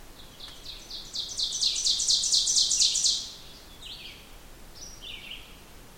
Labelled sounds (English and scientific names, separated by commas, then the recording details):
Ovenbird (Seiurus aurocapilla) song
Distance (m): 15 m
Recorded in boreal forest in Alberta, Canada, on 16 June 2016 at 08:30
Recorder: SongMeter 3, array SBT-3-32
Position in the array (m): 162 m, 33 m
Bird 36